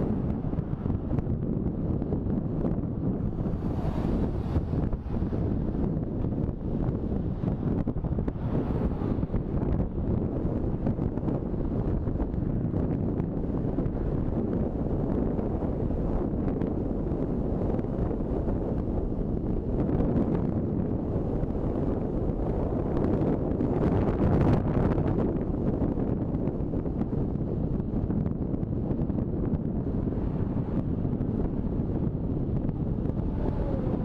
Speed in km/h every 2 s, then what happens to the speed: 37, 37, 37, 37, 39, 43, 44, 47, 49, 50, 51, 49, 47, 44, 42, 42, 41.
0-6 steady at about 37. 6-19 speeds up to 51. 19-34 slows to 41.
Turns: none.